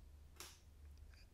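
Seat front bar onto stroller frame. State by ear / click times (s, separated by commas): seated / 0.4 s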